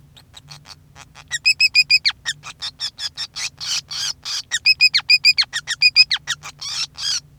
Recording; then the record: song of a male Bengalese finch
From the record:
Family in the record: son of father 5